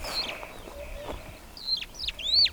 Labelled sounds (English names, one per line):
Superb Starling flight call